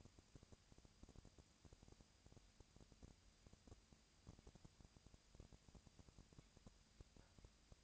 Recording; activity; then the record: daily activity, microphone in the room; no activity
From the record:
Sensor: 2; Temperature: 20.3 degrees Celsius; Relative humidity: 37.0%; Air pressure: 998.7 hPa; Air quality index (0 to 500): 236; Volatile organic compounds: 38 ppm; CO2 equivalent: 3111 ppm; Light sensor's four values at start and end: 2/3/2/2 and 2/3/2/2